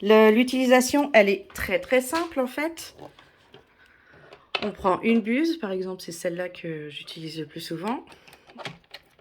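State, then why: Seated. Someone talks while picking the nozzle she uses most for a water flosser (oral irrigator) and pushing it into the top of the handle. A short click is heard at 8.9 s as the nozzle clicks into the handle and is seated.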